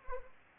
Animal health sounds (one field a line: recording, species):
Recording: mosquito wingbeat signal from an infrared sensor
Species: Anopheles arabiensis